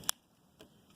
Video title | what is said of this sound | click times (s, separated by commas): Extreme Closeups with 18-55mm canon lens | once you've got that in there you're just going to turn the white dot back towards the black circle until it clicks | 0.1 s